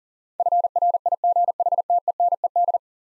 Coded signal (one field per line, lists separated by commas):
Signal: Morse code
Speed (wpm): 40 wpm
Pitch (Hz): 700 Hz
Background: none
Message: FRIGHTENED